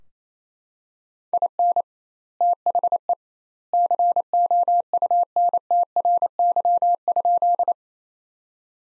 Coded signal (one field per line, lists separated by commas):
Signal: Morse code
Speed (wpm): 28 wpm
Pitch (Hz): 700 Hz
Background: none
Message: IN THE COUNTRY?